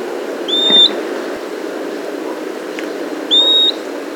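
Bird giving a clear, thin, high whistle, heard twice about three seconds apart over a low background rumble.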